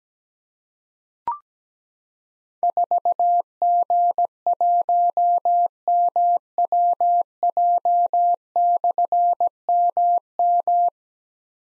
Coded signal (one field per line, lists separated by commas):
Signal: Morse code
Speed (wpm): 17 wpm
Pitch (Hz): 700 Hz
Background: none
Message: 4G1MWJ/MM